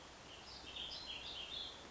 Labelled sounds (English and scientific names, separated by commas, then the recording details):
Warbling Vireo (Vireo gilvus)
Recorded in Sonoma County, California